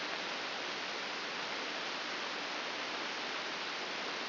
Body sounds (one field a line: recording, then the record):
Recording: brain microelectrode recording played as sound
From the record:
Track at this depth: outside the subthalamic nucleus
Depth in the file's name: 8.304 mm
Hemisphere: left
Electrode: 2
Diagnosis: Parkinson's disease